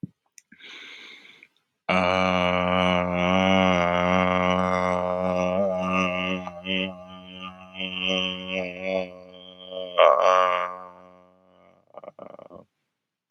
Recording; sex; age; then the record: vowel held as long as possible; male; 20 to 29 years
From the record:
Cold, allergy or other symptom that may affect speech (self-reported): no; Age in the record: 22 years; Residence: Alabama, United States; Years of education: 16